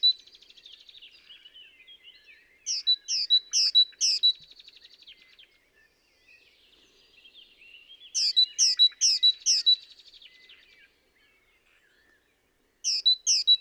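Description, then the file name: Great tit gives rapid series of four or five bright, piercing notes, repeated three times, with quieter chattering between them. "Parus major"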